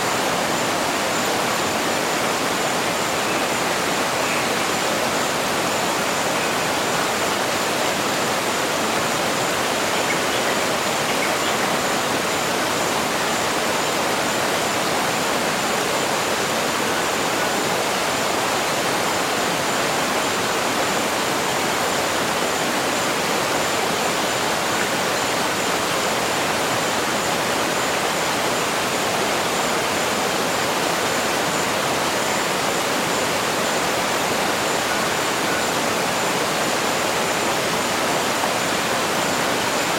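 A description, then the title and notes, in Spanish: A jungle waterfall pours in a steady, dense roar, bright and hissing, unchanging throughout with no separate events standing out. Cascada en la selva tropical. Sonidos del agua en cascada del Amazonas. Cachoeira Pedra Furada en Brasil.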